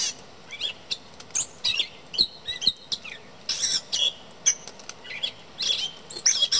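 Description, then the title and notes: Mockingbird-type bird delivering a lively string of varied high chirps, slurred whistles and scratchy notes, separated by short gaps. Male singing at a front porch every morning in summer; he leaves for another habitat in winter. "The bird in my front porch (field recording). a mockingbird-type bird that sings in my front porch every morning in the summer"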